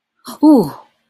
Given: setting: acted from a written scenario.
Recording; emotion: vocal sound without words; negative surprise